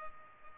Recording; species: mosquito wingbeat signal from an infrared sensor; Culex pipiens